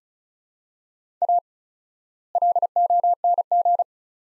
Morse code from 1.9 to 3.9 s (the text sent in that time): LONG